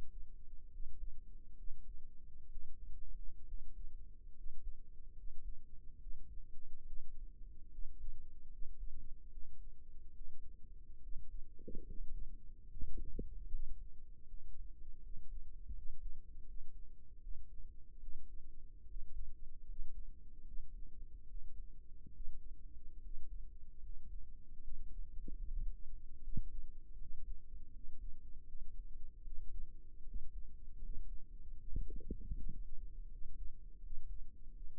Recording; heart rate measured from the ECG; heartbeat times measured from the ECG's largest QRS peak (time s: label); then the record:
heart sounds by microphone in the right ear; 74 bpm
0.69 s: heartbeat
1.55 s: heartbeat
2.49 s: heartbeat
3.45 s: heartbeat
4.33 s: heartbeat
5.14 s: heartbeat
5.98 s: heartbeat
6.84 s: heartbeat
7.70 s: heartbeat
8.49 s: heartbeat
9.29 s: heartbeat
10.13 s: heartbeat
11.00 s: heartbeat
11.84 s: heartbeat
12.68 s: heartbeat
13.48 s: heartbeat
14.25 s: heartbeat
15.00 s: heartbeat
15.73 s: heartbeat
16.45 s: heartbeat
17.20 s: heartbeat
18.00 s: heartbeat
18.86 s: heartbeat
19.66 s: heartbeat
20.44 s: heartbeat
21.26 s: heartbeat
22.13 s: heartbeat
23.00 s: heartbeat
23.80 s: heartbeat
24.60 s: heartbeat
25.40 s: heartbeat
26.21 s: heartbeat
26.97 s: heartbeat
27.70 s: heartbeat
28.46 s: heartbeat
29.23 s: heartbeat
30.03 s: heartbeat
30.78 s: heartbeat
31.56 s: heartbeat
32.33 s: heartbeat
33.08 s: heartbeat
33.80 s: heartbeat
34.52 s: heartbeat
From the record:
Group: healthy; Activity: cold pressor test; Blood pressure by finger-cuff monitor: 109/68 mmHg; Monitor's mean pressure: 80 mmHg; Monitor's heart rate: 74 bpm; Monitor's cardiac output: 6.5 L/min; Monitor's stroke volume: 88 mL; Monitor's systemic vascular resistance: 890 dyn s/cm5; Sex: male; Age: 22 years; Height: 181 cm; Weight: 79 kg